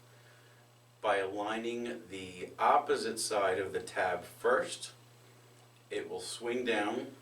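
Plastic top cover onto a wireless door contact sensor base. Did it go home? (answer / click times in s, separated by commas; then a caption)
no / none. During a battery change on a Honeywell 5820L wireless door/window contact sensor, the plastic top cover is being reinstalled onto the sensor base by hooking the opposite side of the tab first, to be swung down until it snaps shut. Someone talks over a steady low hum while handling the cover. Nothing has seated or clicked yet.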